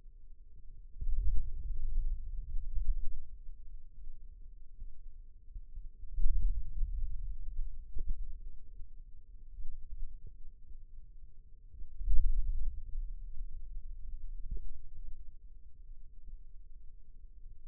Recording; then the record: forearm muscle sounds (acoustic myography)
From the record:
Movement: hand opening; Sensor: system 2, bracelet of six BSWA MPA416 microphones around the upper forearm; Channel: 2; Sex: male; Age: 22 years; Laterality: right